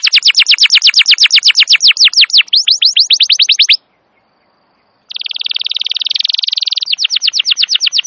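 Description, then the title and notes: Canary song of rapid repeated sweeping notes, a short silence, then a dense buzzy roll and another fast trill. Wild canary song used as a master recording to lure or train canaries; described as loud, long, continuous singing. "Pikat Kenari GACOR PANJANG INI Cocok Untuk Masteran KENARI LIAR. Masteran burung kenari gacor parah"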